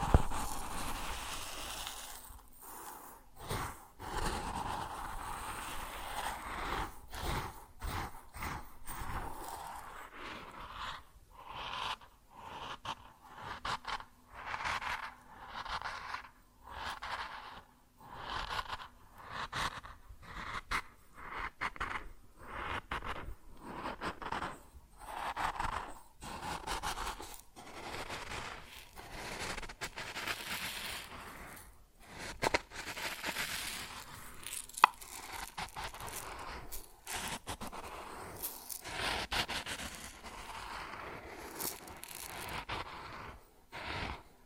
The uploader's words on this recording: ASMR Grain Sounds (No Talking).